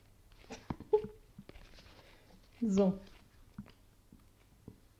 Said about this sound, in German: Kann ich ja noch mal einmal in die Nektarine beißen.